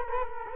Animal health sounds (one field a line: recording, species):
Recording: mosquito wingbeat signal from an infrared sensor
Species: Culex quinquefasciatus